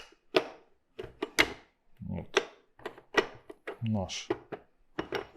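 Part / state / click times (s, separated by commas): grinder head into the motor/gearbox housing / seated / 5.0 s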